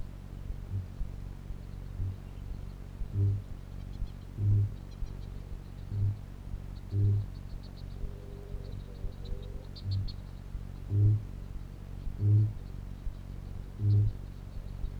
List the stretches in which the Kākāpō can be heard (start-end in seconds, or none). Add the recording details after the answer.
0.57-0.90, 1.89-2.21, 2.99-3.58, 4.27-4.78, 5.80-6.19, 6.75-7.35, 9.73-10.25, 10.74-11.28, 12.06-12.58, 13.66-14.13. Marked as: faintness 4/5, faintness 2/5, faintness 3/5. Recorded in New Zealand. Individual Piripi